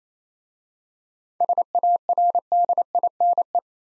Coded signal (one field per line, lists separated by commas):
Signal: Morse code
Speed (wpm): 27 wpm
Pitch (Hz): 700 Hz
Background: none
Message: SARDINE